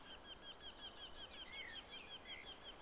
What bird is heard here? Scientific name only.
Turdus merula